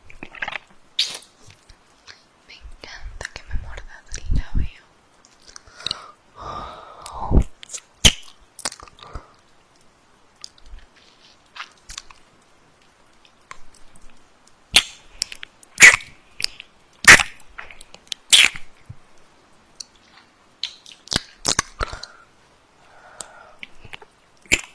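Wet kisses: irregular smacks, lip clicks and moist mouth noises arrive in clusters, separated by brief near-silent gaps. Around six to eight seconds a softer, breathy murmur blends in, and the sharp smacks grow denser after fifteen seconds.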